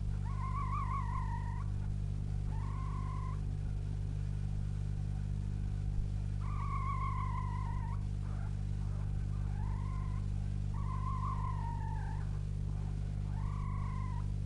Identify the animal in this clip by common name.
Red Fox